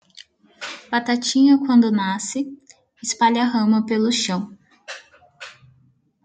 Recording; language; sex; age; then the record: short text; Brazilian Portuguese; female; 18 to 19 years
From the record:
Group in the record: control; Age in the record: 19 years